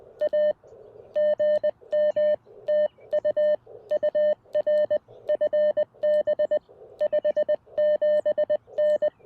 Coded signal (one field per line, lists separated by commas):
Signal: Morse code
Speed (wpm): 21 wpm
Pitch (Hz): 590 Hz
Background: none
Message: A GM TU UR FB 57N